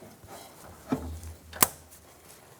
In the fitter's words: And once you hear that click, you're going to put your lock back on.